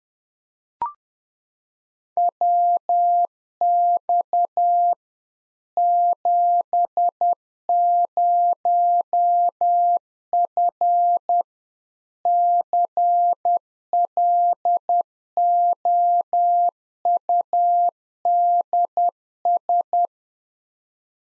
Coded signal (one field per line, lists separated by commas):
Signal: Morse code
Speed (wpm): 10 wpm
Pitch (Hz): 700 Hz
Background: none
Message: WX 70F CLOUDS